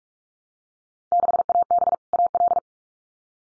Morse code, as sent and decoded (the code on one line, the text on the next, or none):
-.... .- -... / .- .-..
6AB AL